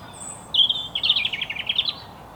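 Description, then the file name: European robin phrase: a thin sustained high whistle that breaks into a fast trill of sharp notes, over soft background hiss. "Erithacus rubecula"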